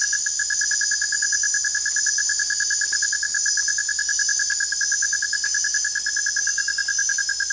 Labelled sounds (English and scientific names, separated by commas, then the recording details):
none
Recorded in dense forest near Puerto Asís, Putumayo, Colombia, on 27 June 2025 at 21:00
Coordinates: 0.468, -76.322
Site GP03